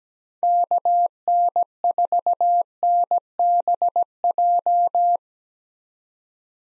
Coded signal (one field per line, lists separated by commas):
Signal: Morse code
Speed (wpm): 17 wpm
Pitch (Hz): 700 Hz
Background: none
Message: KN4NBJ